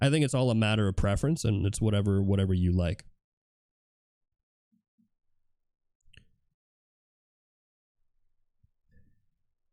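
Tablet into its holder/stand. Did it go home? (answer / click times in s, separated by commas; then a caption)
yes / 6.2 s. Someone talks for the first three seconds, then in a quiet stretch an iPad is fitted into its holder. A single sharp snap at 6.2 s marks it seating firmly in place, followed by a few faint handling sounds.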